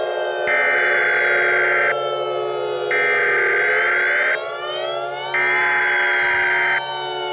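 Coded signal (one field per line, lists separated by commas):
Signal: Emergency Alert System (SAME) tones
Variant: header bursts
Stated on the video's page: Fictional EAS scenario, simulated.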